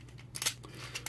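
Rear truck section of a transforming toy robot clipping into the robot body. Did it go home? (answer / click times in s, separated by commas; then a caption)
yes / 0.4 s, 1.1 s. The rear section of a plastic toy truck on a transforming toy robot is folded all the way down into the robot body during transformation. Sharp plastic clicks sound at 0.4 s and 1.1 s as it clips in at two points, with a brief rattle in between. The panel ends up clipped firmly in place.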